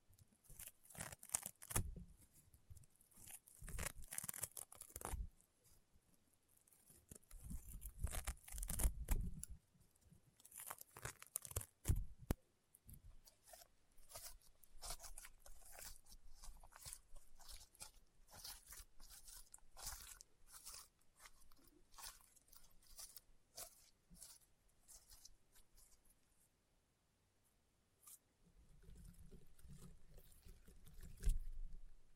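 Rainbow honeycomb slime being squeezed and pressed, giving dense bursts of sharp crunching and popping clicks. Heavy clusters come in the first ten seconds, then lighter, scattered pops continue. Near the end, low squishy handling noise returns with a final loud crackle.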